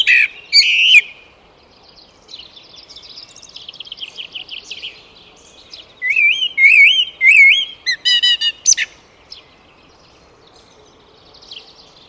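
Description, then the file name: Eurasian blackbird gives a loud fluted burst, then sings softer, scratchy twittering, followed by a clear wavering warble with sharp high squeaks, then only faint twittering. "Turdus merula"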